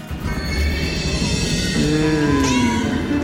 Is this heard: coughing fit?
no